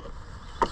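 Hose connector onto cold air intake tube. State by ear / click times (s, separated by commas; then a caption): seated / 0.6 s. A hose connector is slid onto the tube of a Hellcat cold air intake on the engine of a 2015 Dodge Charger police pursuit 5.7, and it snaps home on its own. Over a low, steady background rumble, a single short, sharp click lands at 0.6 s. The connector is confirmed seated.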